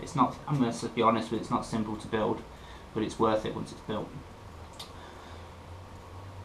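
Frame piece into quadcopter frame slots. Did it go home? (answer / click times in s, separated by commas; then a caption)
yes / 4.8 s. A frame piece of an Explorer 4 quadcopter frame is pressed into the frame's slots while someone talks. Once the talking stops, a single short tick-like click is heard at 4.8 s. The piece locks into place.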